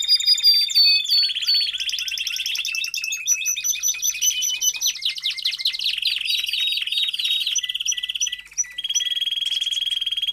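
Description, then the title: Domestic canary song, a long varied sequence of rolling trills, slurred notes and quick repeated chirps, shifting pitch between phrases. Male canary singing a lot; recording for training, to warm up young and Belgian canaries in 30 minutes. "Canary Training Esquente Seu Filhote E Canario Belga Em 30 Minutos Macho Cantando Muito"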